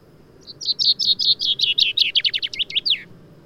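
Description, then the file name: Common chaffinch song lasting about two and a half seconds: a cheerful trill of notes that speeds up and steps lower, closing with a sharp falling flourish. "Fringilla coelebs"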